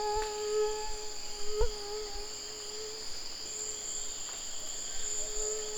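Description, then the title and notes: Mosquito buzzing, a thin steady hum with faint overtones that fades in and out, over a constant high-pitched insect chorus and a few soft clicks. Tropical mosquito recorded on a forest trail at Saül, French Guiana, 17 November 2006, using a Nagra recorder and a cardioid MKH40 microphone. "MOUSTIQUE TROPICAL. 17 novembre 2006-Chemin des grands arbres - Saül"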